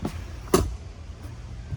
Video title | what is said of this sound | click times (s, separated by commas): AVAILABLE NOW! NEW 2022 AVIARA 32 OUTBOARD FOR SALE AT MARINEMAX CLEARWATER | one little click there | 0.5 s